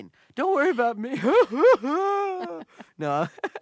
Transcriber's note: pretends to sob